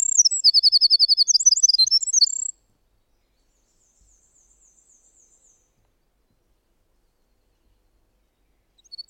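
Winter wren song: a hurried stream of high trilled and twittering notes for two and a half seconds, then near silence with a faint trill, and a brief start of song at the end.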